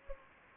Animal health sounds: mosquito wingbeat signal from an infrared sensor; Anopheles gambiae

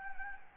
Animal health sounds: mosquito wingbeat signal from an infrared sensor; Anopheles gambiae

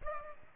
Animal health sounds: mosquito wingbeat signal from an infrared sensor; Culex pipiens

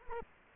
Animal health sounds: mosquito wingbeat signal from an infrared sensor; Culex quinquefasciatus

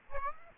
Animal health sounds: mosquito wingbeat signal from an infrared sensor; Aedes aegypti

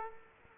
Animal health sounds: mosquito wingbeat signal from an infrared sensor; Culex quinquefasciatus

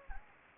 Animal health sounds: mosquito wingbeat signal from an infrared sensor; Anopheles gambiae

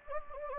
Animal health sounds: mosquito wingbeat signal from an infrared sensor; Anopheles gambiae

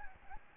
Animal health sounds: mosquito wingbeat signal from an infrared sensor; Aedes albopictus

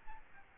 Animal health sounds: mosquito wingbeat signal from an infrared sensor; Aedes albopictus

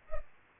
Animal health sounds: mosquito wingbeat signal from an infrared sensor; Culex pipiens

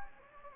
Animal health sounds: mosquito wingbeat signal from an infrared sensor; Anopheles gambiae

